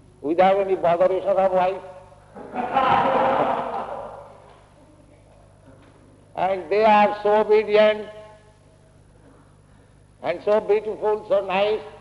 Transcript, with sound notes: without any botheration of wife. [laughter] And they are so obedient and so beautiful, so nice,